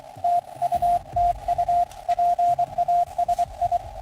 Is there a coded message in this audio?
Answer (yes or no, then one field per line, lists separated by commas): yes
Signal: Morse code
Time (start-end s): 0.2-3.8 s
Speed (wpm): 23 wpm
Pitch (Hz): 700 Hz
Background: none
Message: TU TU PA SI